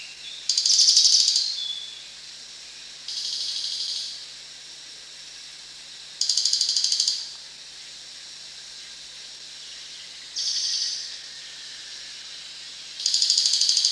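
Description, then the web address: Crested jay giving loud buzzy, rattling bursts high in pitch, repeated every few seconds, some smooth and hissing, others broken into rapid clicking pulses. Recorded at Danum on 1 January 2008. "DANUM 20080101. sound crested jay"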